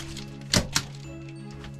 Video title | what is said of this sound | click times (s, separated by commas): BoweZonga 2018 Ram Promaster 2500 Camper Van Tour | light coming from inside the van and they're magnetic so they simply snap in place | 0.5 s, 0.8 s